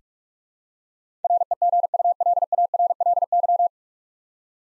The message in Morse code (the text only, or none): REGULARLY